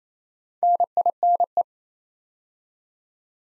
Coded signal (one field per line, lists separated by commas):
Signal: Morse code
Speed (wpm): 27 wpm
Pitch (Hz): 700 Hz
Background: none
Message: NINE